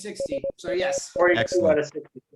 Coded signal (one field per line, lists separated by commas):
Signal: Morse code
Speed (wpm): 20 wpm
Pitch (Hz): 550 Hz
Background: speech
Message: SAV